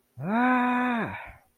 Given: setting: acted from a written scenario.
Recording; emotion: vocal sound without words; distress